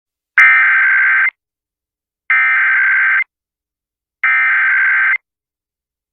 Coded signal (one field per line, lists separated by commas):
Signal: Emergency Alert System (SAME) tones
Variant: header bursts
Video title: EAS Child Abduction Emergency (AMBER ALERT) Washington Statewide Alert Spokane, Washington